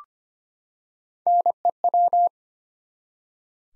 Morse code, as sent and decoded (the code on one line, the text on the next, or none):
-. . .--
NEW